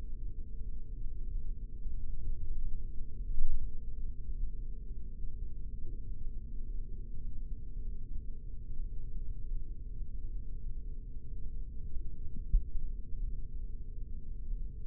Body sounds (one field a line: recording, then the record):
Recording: forearm muscle sounds (acoustic myography)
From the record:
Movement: rest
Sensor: system 3, bracelet of six PUI Audio POM-2738L microphones around the upper forearm, with dedicated amplification and filtering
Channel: 4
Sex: male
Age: 26 years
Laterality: right